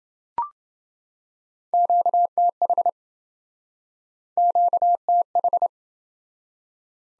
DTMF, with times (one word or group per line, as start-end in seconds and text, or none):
none